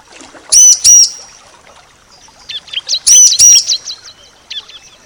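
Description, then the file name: Bar-winged prinia chirping: rapid high chirps mixed with two very loud, pure, clipped whistled notes, repeated about two and a half seconds apart. Nature-therapy sound for a ciblek that has stopped singing (macet). "terapi alam ciblek macet"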